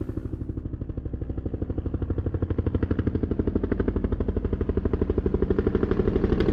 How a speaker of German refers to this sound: Jetzt steht er wieder über uns, der Hubschrauber. Hören Sie?